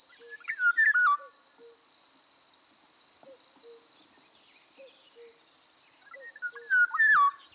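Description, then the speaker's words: Eurasian golden oriole giving fluty, whistled phrases with falling slurs at the start and end. A constant high cricket chirring and quiet two-note cuckoo calls come in between. Recorded at Tatárszentgyörgy; loud song of short fluting, whistle-like phrases; field cricket and common cuckoo calling in the background. "Most egy tatár-szentgyörgyi sárgarigót hallunk, a háttérben mezei tücsök és kakukk szól."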